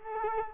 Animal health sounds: mosquito wingbeat signal from an infrared sensor; Culex quinquefasciatus

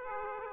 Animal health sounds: mosquito wingbeat signal from an infrared sensor; Aedes aegypti

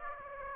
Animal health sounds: mosquito wingbeat signal from an infrared sensor; Aedes aegypti

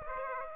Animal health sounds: mosquito wingbeat signal from an infrared sensor; Aedes aegypti

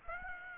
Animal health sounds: mosquito wingbeat signal from an infrared sensor; Aedes aegypti

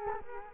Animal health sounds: mosquito wingbeat signal from an infrared sensor; Culex quinquefasciatus

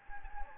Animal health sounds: mosquito wingbeat signal from an infrared sensor; Anopheles gambiae

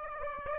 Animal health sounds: mosquito wingbeat signal from an infrared sensor; Aedes aegypti

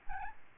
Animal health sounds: mosquito wingbeat signal from an infrared sensor; Aedes albopictus

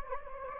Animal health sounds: mosquito wingbeat signal from an infrared sensor; Anopheles gambiae

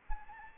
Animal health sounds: mosquito wingbeat signal from an infrared sensor; Anopheles arabiensis

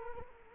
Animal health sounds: mosquito wingbeat signal from an infrared sensor; Culex quinquefasciatus

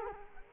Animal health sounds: mosquito wingbeat signal from an infrared sensor; Culex quinquefasciatus

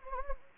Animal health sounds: mosquito wingbeat signal from an infrared sensor; Anopheles gambiae

